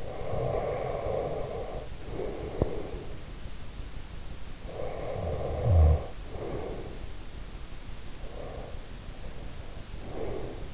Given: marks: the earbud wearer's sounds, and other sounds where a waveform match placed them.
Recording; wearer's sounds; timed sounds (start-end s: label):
sounds in sleep by an in-ear microphone; snoring breath, breath
0.00-3.23 s: snoring breath
4.48-7.20 s: snoring breath
8.20-10.74 s: breath